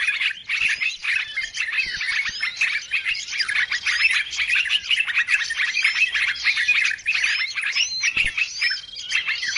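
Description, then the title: Birds chirping and twittering nonstop, sharp high tweets mixed with short upslurred whistles in a crowded chorus. Chorus of noisy birds used as a lure sound to attract birds; many birds said to approach as soon as it is played. "Baru Diputar Dah Banyak Merapat! Suara Pikat Burung Ribut"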